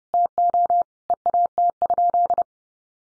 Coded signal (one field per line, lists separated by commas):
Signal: Morse code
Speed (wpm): 30 wpm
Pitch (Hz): 700 Hz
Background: none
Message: TO EAT?